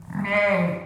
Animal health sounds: contact call of a hoofed animal; sheep; low-frequency (closed-mouth) or high-frequency (open-mouth) call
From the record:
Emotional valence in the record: negative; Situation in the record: short social isolation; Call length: 0.87 s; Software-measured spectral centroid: 1670 Hz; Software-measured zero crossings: 1670 a second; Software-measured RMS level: -23 dBFS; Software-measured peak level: -9 dBFS

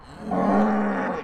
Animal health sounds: contact call of a hoofed animal; cattle; low-frequency (closed-mouth) or high-frequency (open-mouth) call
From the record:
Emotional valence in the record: negative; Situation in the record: separation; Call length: 1.24 s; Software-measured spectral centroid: 1070 Hz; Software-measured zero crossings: 1290 a second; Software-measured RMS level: -23 dBFS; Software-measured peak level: -10 dBFS

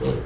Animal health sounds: contact call of a hoofed animal; pig; closed-mouth grunt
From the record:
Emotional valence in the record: positive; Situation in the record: food and toys in familiar pen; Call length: 0.26 s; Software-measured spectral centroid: 1640 Hz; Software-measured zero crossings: 1030 a second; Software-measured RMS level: -24 dBFS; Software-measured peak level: -11 dBFS

